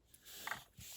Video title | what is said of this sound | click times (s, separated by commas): GI Joe Classified Series Serpentor w/Air Chariot - Unboxing Showcase Review | it's got the cannon part, which we can just hear a click. | 0.1 s, 0.5 s